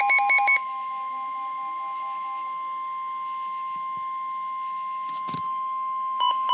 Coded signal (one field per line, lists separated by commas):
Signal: Emergency Alert System (SAME) tones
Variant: 1050 Hz attention tone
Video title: Real NOAA Weather Radio EAS #22